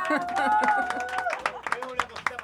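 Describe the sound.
A crowd at the close of a show's 50th program breaks into scattered clapping and cheers, the claps growing into a brisk, uneven patter of sharp hits while voices shout over the top.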